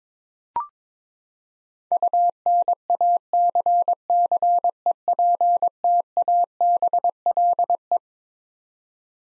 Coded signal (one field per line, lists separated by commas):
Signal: Morse code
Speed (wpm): 22 wpm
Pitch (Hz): 700 Hz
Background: none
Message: UNACCEPTABLE